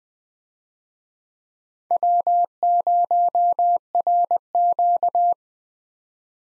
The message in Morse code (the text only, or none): W0RQ